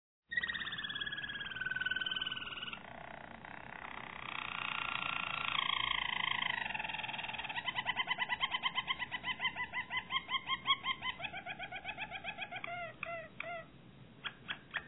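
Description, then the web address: Harz Roller canary song: drawn-out gliding whistles give way to a long rolling tour of rapid even pulses, closing with short clipped notes. "~joaopt canarios racas canto harzers"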